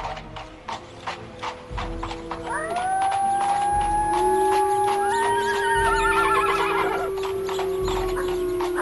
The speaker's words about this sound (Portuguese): Os cavalos ficaram irrequietos e necessitaram da força do cocheiro para acalmá-los.